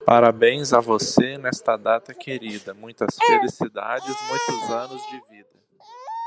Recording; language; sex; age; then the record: short text; Brazilian Portuguese; male; 30 to 39 years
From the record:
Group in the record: control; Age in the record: 38 years